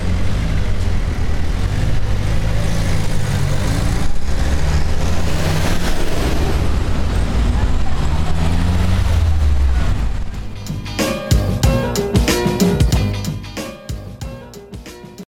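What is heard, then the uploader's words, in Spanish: A street in a town, with a vehicle rumbling for the first ten seconds, its low engine drone shifting in pitch as it moves. Then it passes and the scene opens up to sharper clatters, clicks and voices, quieter and more scattered. Grabado en Heredia en la Calle 9 entre Av. Heredia en la Calle 9 entre Av. Central y Av. 1.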